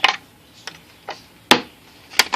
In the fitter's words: And it clicks back in.